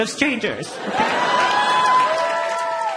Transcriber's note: laughter